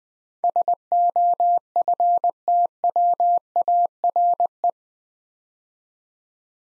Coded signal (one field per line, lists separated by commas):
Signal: Morse code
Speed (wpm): 21 wpm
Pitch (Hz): 700 Hz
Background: none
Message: SOFTWARE